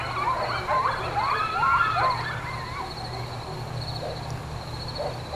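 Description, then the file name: Coyotes howling and yipping for about two seconds, then a few faint yelps over steady background noise. Several coyotes, at night. "Coyotes with night ambiance"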